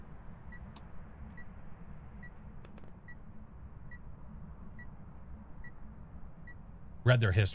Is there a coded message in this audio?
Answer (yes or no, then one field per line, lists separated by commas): no